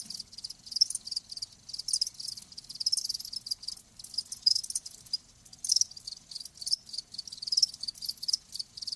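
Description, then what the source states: Crickets chirping in a dense high trill that swells and fades in uneven pulses. Live crickets chirping.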